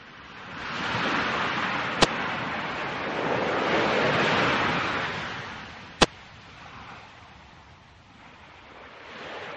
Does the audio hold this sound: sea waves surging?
yes